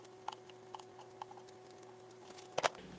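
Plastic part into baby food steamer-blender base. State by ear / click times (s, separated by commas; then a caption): seated / 2.6 s, 2.7 s. A plastic part is pushed into the base of a Beaba BabyCook baby food steamer-blender, with a few light ticks of handling from about 0.3 s. The part clicks into place with two sharp snaps at 2.6 s and 2.7 s over a faint steady hum, and it is seated.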